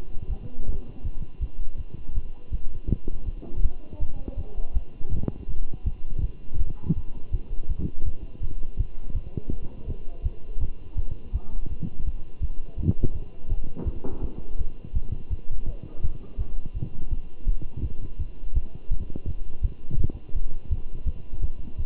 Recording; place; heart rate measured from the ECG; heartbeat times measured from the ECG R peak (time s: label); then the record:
heart sounds by stethoscope; between the tricuspid and mitral areas; 165 bpm
0.29 s: heartbeat
0.66 s: heartbeat
1.03 s: heartbeat
1.40 s: heartbeat
1.78 s: heartbeat
2.14 s: heartbeat
2.51 s: heartbeat
2.88 s: heartbeat
3.26 s: heartbeat
3.62 s: heartbeat
4.00 s: heartbeat
4.37 s: heartbeat
4.73 s: heartbeat
5.11 s: heartbeat
5.48 s: heartbeat
5.84 s: heartbeat
6.21 s: heartbeat
6.58 s: heartbeat
6.95 s: heartbeat
7.31 s: heartbeat
7.68 s: heartbeat
8.05 s: heartbeat
8.41 s: heartbeat
8.77 s: heartbeat
9.14 s: heartbeat
9.51 s: heartbeat
9.87 s: heartbeat
10.23 s: heartbeat
10.60 s: heartbeat
10.96 s: heartbeat
11.32 s: heartbeat
11.69 s: heartbeat
12.05 s: heartbeat
12.41 s: heartbeat
12.77 s: heartbeat
13.13 s: heartbeat
13.49 s: heartbeat
13.85 s: heartbeat
14.22 s: heartbeat
14.58 s: heartbeat
14.94 s: heartbeat
15.30 s: heartbeat
15.67 s: heartbeat
16.02 s: heartbeat
16.38 s: heartbeat
16.74 s: heartbeat
17.10 s: heartbeat
17.46 s: heartbeat
17.82 s: heartbeat
18.19 s: heartbeat
18.54 s: heartbeat
18.90 s: heartbeat
19.26 s: heartbeat
19.62 s: heartbeat
19.98 s: heartbeat
20.34 s: heartbeat
20.70 s: heartbeat
21.05 s: heartbeat
21.42 s: heartbeat
21.77 s: heartbeat
From the record:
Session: Bruce protocol treadmill stress test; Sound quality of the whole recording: good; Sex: male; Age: 23 years